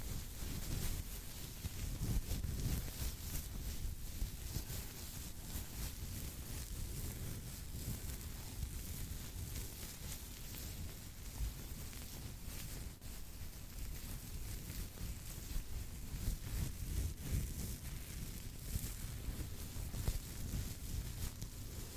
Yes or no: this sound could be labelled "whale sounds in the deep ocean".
no